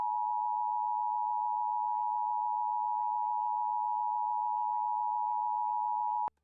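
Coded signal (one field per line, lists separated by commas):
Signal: Emergency Alert System (SAME) tones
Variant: 853 and 960 Hz attention tone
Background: speech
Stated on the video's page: National EAS test aired on a TV station at the start of a commercial break.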